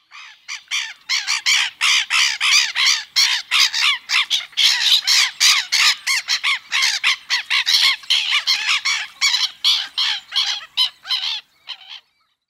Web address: Black-necked Stilt